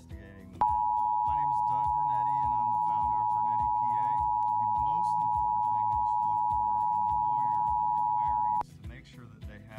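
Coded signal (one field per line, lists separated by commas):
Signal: Emergency Alert System (SAME) tones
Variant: 853 and 960 Hz attention tone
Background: speech, music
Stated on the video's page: Real 2023 national test broadcast on Tampa Bay TV stations, unedited, recorded from a streaming TV service.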